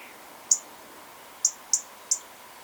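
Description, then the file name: European robin giving four brief, high, sharp tick notes, three of them in a quick run near the end, over quiet background hiss. "Erithacus rubecula"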